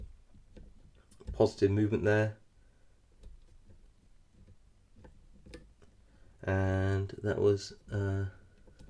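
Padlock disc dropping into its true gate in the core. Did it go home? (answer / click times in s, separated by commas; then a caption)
no / none. Someone talks while a pick rotates a disc inside the disc-detainer core of an Abus PLUS 88/50 padlock, with only faint, scattered ticks between the words. Nothing has dropped into its gate or clicked yet.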